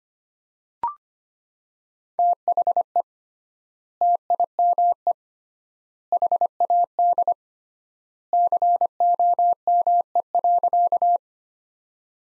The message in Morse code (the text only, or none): THE TIME HAD COME.